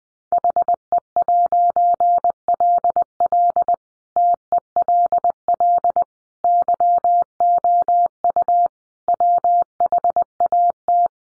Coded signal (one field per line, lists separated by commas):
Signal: Morse code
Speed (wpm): 20 wpm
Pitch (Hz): 700 Hz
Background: none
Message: HE'LL TELL YOU WHAT